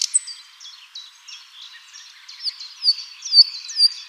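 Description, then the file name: Common nightingale song, a run of short whistled and slurred phrases at varied pitches, growing louder toward the end with sharp notes. "Luscinia megarhynchos"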